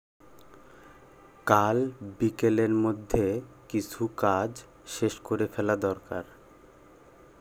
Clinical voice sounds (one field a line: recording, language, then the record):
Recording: elicited speech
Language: Bengali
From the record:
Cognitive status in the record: cognitively healthy